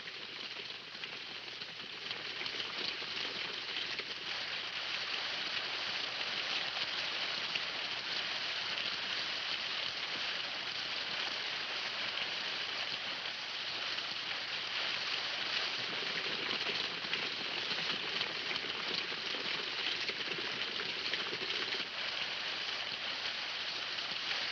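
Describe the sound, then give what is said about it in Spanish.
Steady rain pours down in a continuous, dense hiss, broad and even from start to finish with no voices over it. “¡Entre a protegerse de la lluvia!”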